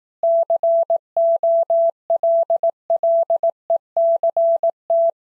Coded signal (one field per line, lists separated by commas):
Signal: Morse code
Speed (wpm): 18 wpm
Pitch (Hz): 670 Hz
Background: none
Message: COLLECT